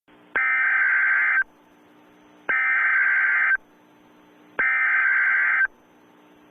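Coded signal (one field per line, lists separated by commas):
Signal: Emergency Alert System (SAME) tones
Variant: header bursts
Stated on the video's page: Fictional EAS scenario of an attack, made by the uploader; not a real alert.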